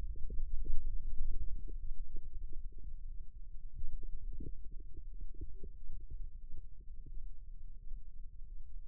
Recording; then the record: forearm muscle sounds (acoustic myography)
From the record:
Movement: ulnar deviation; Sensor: system 2, bracelet of six BSWA MPA416 microphones around the upper forearm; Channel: 6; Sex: male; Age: 22 years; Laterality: right